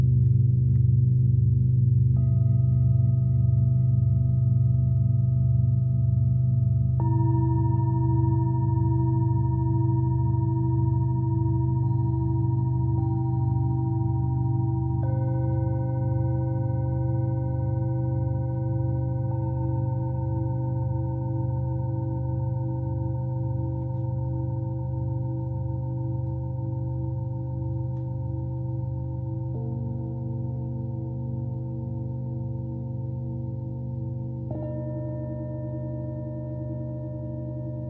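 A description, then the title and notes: A Tibetan singing bowl hums low and steady for the whole clip, with clear bright overtones entering around 2, 7, 15, 29 and 34 seconds. Tibetan Singiing Bowl.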